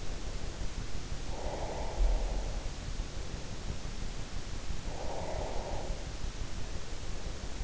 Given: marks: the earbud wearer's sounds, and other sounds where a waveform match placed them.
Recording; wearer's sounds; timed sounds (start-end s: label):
sounds in sleep by an in-ear microphone; breath
1.06-2.81 s: breath
4.62-6.72 s: breath